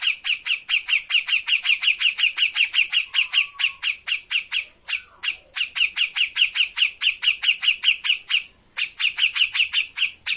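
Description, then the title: Grey-cheeked bulbul pouring out rapid, buzzy chatter notes in long steady runs, interrupted by two short gaps. Grey-cheeked bulbul in active, vigorous song (gacor); master recording for training birds. "Cucak Jenggot Gacor. Masteran burung cucak jenggot ! Suaka burung"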